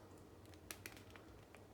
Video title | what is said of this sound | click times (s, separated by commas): Upgrade Your Bearded Style - Anson Belts | a few clicks there and I'm good to go | 0.7 s, 0.9 s, 1.2 s, 1.5 s